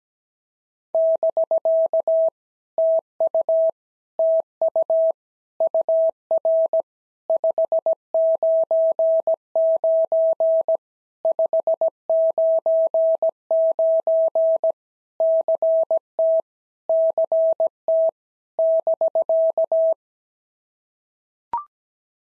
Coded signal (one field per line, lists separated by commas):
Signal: Morse code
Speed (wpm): 17 wpm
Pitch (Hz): 650 Hz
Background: none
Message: <BK> TU TU UR 599 599 CT CT <BK>